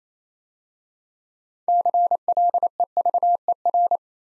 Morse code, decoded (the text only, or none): CLEVER